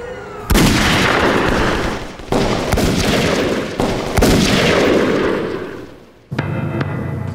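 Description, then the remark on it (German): A burst of gunshots: four loud, sharp cracks at uneven intervals, each trailing into a heavy roaring wash of noise, before things drop to a quieter, steady hum at the end. “Es fielen keine weiteren Schüsse mehr.”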